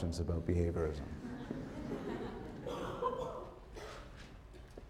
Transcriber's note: laughter